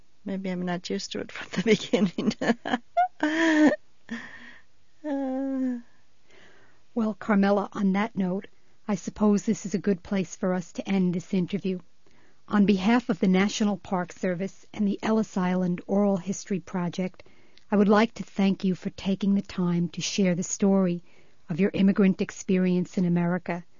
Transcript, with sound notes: Maybe I'm not used to it from the beginning. ( she laughs )
Well, Carmella, on that note I suppose this is a good place for us to end this interview. On behalf of the National Park Service and the Ellis Island Oral History Project, I would like to thank you for taking the time to share the story of your immigrant experience in America.